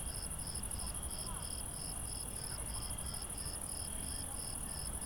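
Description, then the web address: Crickets chirping at night: a steady pulsed chirp repeating about three times a second, with a continuous high-pitched trill above and a low background rumble. "Recorded Night Crickets"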